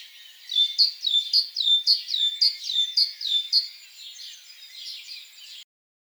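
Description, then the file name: Great tit giving a rapid string of high, down-slurred call notes that gradually soften toward the end. "Parus major"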